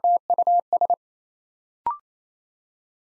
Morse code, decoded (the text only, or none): TUS